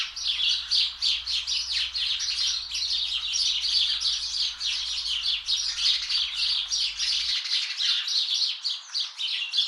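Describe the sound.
House Sparrow alarm calls: a dense, fast stream of harsh, high chirps, continuing throughout.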